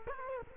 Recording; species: mosquito wingbeat signal from an infrared sensor; Culex quinquefasciatus